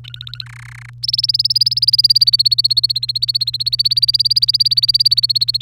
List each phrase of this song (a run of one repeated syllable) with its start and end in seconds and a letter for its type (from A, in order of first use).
0.04-0.45 A, 0.46-0.90 B, 1.03-5.61 C